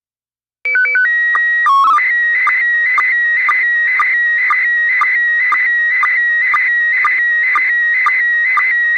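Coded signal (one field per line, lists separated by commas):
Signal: SSTV (slow-scan television)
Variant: PD 120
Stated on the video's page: SSTV net on the 145.390 Lansing and 146.700 repeaters, heard via live stream.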